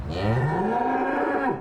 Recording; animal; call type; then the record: contact call of a hoofed animal; cattle; low-frequency (closed-mouth) or high-frequency (open-mouth) call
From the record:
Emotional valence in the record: negative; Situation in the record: full separation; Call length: 1.61 s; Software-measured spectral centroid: 1130 Hz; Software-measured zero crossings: 1320 a second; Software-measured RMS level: -24 dBFS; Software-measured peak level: -12 dBFS